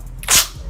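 After its pin is released by pushing the knob and the hand lets go, a spring-loaded telescopic pocket magic staff shoots open from its pocket housing. A sharp snap at 0.2 s leads into a brief bright, broadband rushing burst that fades by about 0.5 s. The staff springs fully open almost instantly.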